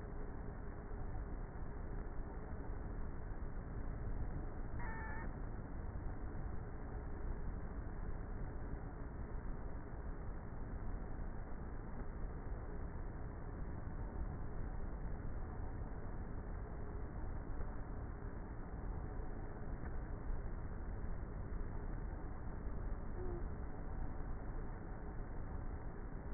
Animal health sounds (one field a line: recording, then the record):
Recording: honeybee colony, microphone inside the hive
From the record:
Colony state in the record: queenless with a low population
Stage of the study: before two queens were removed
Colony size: about 30,000 bees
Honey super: no